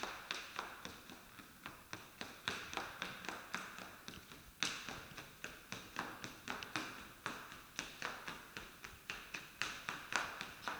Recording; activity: daily activity, guitar pickup as the sensor; run